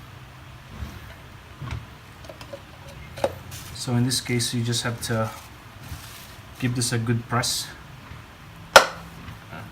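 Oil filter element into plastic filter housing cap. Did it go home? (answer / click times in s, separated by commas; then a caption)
yes / 8.8 s. Someone talks while the paper oil filter element for an MK7 Golf (R, GTI, TSI) is given one firm press into its plastic filter housing cap. At 8.8 s a single sharp click is heard as the element snaps home, fully seated.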